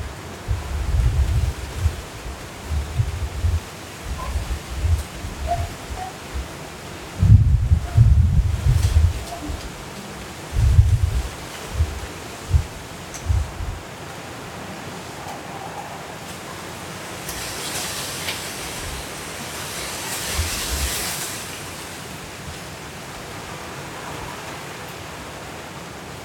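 Hurricane Kay at midnight in Los Cabos is a constant roar of wind with deep, rumbling gusts that buffet hardest in the first half, peaking near seven to eight seconds. Later the low thumping eases, while a bright hiss swells around eighteen to twenty-two seconds.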